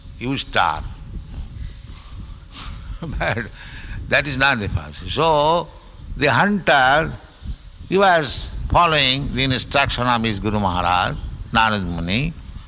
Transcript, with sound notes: You starve." But [chuckling] that is not the process. So the hunter, he was following the instruction of his Guru Mahārāja, Nārada Muni,